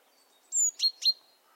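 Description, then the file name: Great tit giving one call: a high thin whistled note, then two quick sharp notes lower in pitch. "Parus major"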